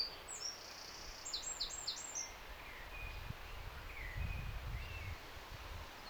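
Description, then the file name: Eurasian wren, a rapid burst of very high, thin trilled notes in the first two seconds, then softer scattered whistles over a low rumble. "Troglodytes troglodytes"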